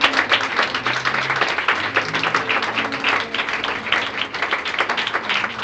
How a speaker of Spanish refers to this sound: Bueno, dele ese aplauso al Señor.